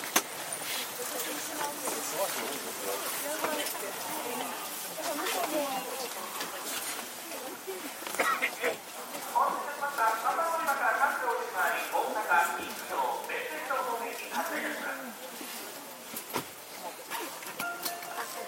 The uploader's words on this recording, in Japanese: JR323系 桃谷→桃谷。朝早くに乗車して録音しましたが、そこそこ乗客がおり、少し声が聞こえます。